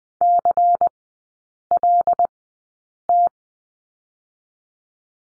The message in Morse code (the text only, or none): CLT